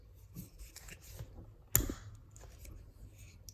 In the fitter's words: You want to slide it into place until it snaps in.